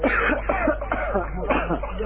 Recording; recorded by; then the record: voluntary cough; telephone call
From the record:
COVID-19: positive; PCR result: checked with the laboratory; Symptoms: yes